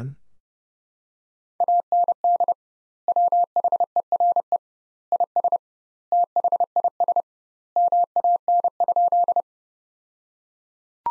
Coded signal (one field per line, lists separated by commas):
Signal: Morse code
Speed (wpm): 30 wpm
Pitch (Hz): 700 Hz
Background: none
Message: AND WHERE IS THIS MAN?